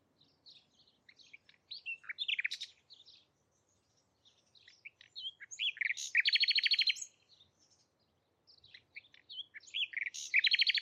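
Bird song: soft twittering notes building into loud bursts of rapid trilled notes, repeated in three phrases with short silent gaps.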